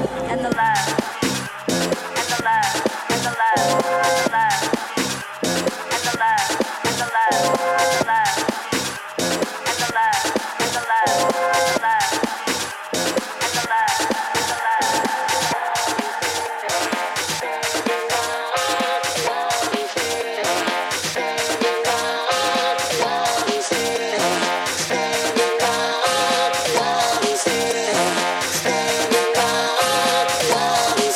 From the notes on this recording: bumper cars always have a particular soundtrack, always revolving around dance music